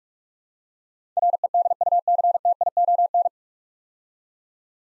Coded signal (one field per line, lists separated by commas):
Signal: Morse code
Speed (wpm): 44 wpm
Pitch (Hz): 700 Hz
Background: none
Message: REDUCTION